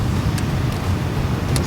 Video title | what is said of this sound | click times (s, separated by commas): DIY Jeep Renegade: Installing MAXPower ECM by MADNESS | Pull back the locking connector. And then you hear that click. | 1.6 s